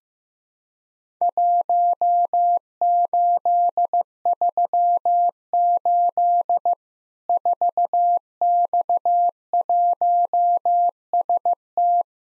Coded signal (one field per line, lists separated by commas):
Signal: Morse code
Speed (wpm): 15 wpm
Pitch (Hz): 700 Hz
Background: none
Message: 1838 4X1ST